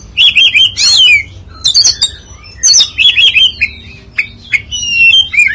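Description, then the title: Oriental magpie-robin singing bright, twisting whistles and sharp chips in quick phrases, with short pauses and a faint low hum behind. "Kacer"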